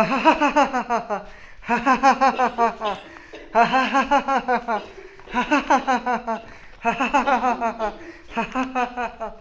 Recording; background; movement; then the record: laughter; a bystander coughing; walking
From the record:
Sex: male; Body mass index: 20.6 kg/m2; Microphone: on the chest, facing the body